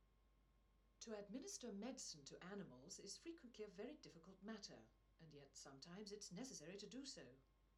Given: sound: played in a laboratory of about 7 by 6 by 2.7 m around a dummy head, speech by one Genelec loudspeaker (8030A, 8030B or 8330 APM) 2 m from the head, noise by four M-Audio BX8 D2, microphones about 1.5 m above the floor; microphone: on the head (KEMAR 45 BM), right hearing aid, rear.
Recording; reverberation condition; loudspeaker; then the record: female speech in English; low; 150 degrees to the right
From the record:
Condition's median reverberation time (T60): about 310 ms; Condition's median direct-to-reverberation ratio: about 3.5 dB